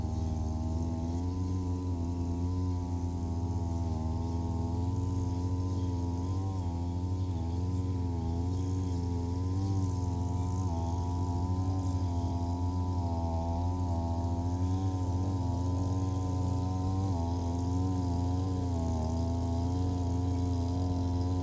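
A brush cutter runs steadily throughout, its engine drone holding a low hum with slight wavering pitch as it works through the grass.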